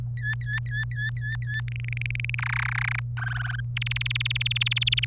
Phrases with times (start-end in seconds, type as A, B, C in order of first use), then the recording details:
0.17-1.61 A, 1.68-2.35 B, 2.38-3.00 C, 3.17-3.60 D, 3.77-5.05 E. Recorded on 27 April 2018 at 15:04. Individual llb3